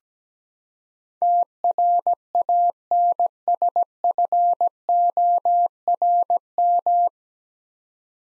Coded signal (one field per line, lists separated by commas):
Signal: Morse code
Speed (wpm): 17 wpm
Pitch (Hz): 700 Hz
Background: none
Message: TRANSFORM